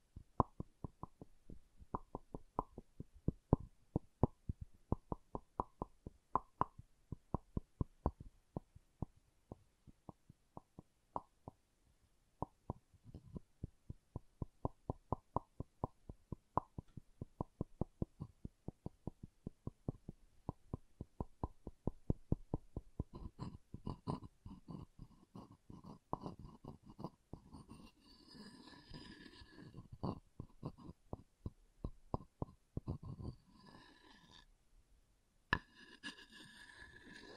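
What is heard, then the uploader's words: Quick, dry wooden taps in a steady run, several per second, hollow and fairly low with a knocking ring. After about twenty seconds the tapping loosens and softer scratchy, brushing sounds with brighter ticks join in until the end. ASMR Calming Wood Triggers for Sleep (No Talking).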